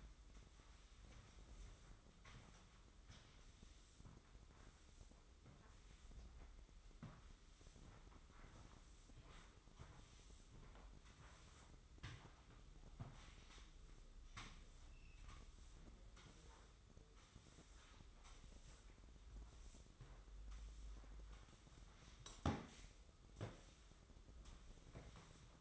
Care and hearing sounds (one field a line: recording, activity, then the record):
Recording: daily activity, microphone in the room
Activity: sweep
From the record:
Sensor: 3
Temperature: 24.5 degrees Celsius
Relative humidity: 30.4%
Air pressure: 995.9 hPa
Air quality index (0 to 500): 94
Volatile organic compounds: 12 ppm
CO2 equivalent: 2355 ppm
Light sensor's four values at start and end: 26/81/34/29 and 28/83/35/30